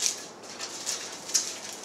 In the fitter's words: it just locks